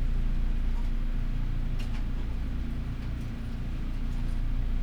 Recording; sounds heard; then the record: poultry house recording; healthy chickens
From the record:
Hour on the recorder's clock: 12